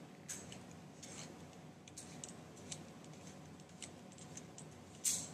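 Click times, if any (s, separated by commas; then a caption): none. An injector pen body, a Bydureon pen, is twisted by hand toward its mixing position, following the green label. Small, sharp ticks and light scraping sounds come through a steady low hiss as it turns, with a louder tick right at the end. The pen has not clicked home yet, and nothing has seated.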